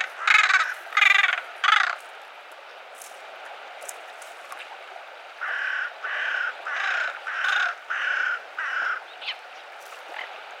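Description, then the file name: Carrion crow caws: three harsh, loud caws at the start, then a run of several evenly spaced, slightly softer caws. "Corvus corone"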